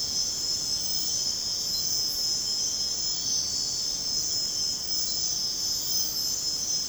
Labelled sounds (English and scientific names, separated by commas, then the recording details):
none
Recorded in secondary vegetation near Puerto Asís, Putumayo, Colombia, on 21 March 2025 at 04:30
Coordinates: 0.485, -76.322
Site G040